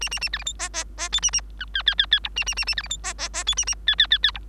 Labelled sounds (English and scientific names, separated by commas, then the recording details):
Bengalese Finch (Lonchura striata domestica) song
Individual Bird3